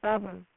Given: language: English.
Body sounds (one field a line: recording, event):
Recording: throat vibration sensor signal played as sound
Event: speech